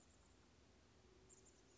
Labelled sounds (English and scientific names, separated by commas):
Chestnut-backed Chickadee (Poecile rufescens)